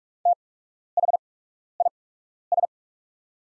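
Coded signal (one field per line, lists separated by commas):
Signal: Morse code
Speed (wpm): 44 wpm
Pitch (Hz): 700 Hz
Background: none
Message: THIS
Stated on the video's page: Practice set of top 500 words at 45 wpm with 8x character spacing, Farnsworth timing for learners.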